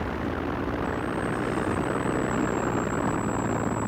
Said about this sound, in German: Ich drossel den Motor ab. Weshalb? Ich spart Benzin.